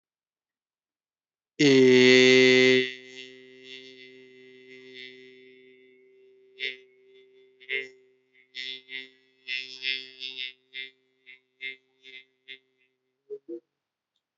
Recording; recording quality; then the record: sustained vowel as in made; excellent, no background noise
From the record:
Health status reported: healthy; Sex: male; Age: 20 years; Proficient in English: yes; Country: India